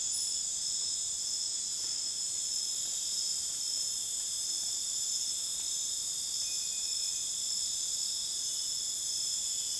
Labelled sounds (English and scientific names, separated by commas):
none